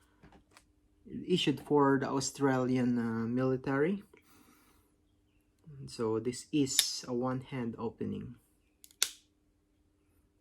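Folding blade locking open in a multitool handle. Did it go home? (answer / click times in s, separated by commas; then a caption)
yes / 9.0 s. Someone talks as the one-hand-opening blade of a black oxide Victorinox MXBS AA multitool, issued for the Australian military, is flicked open. A couple of faint ticks come just before a sharp click at 9.0 s, as the blade locks into place in the handle.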